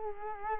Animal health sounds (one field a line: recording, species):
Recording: mosquito wingbeat signal from an infrared sensor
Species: Culex quinquefasciatus